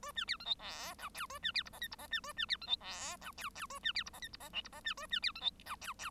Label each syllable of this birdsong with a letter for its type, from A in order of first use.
A B C D E F G H A B C I J K I J B A B C D E F G H H A B C I J K I J L I J B A B C D E G H H